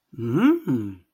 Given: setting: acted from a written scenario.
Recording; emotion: vocal sound without words; interest